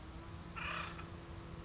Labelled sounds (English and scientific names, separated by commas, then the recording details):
Acorn Woodpecker (Melanerpes formicivorus)
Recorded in Sonoma County, California